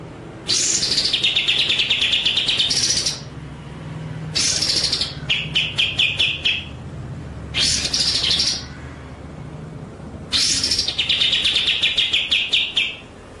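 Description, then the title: White-rumped shama song: sustained loud rolling phrases of fast high notes, interspersed with staccato note runs and short silences. Masteran (training) track of song, described as full ngerol nembak. "Masteran Murai Batu Full Ngerol Nembak"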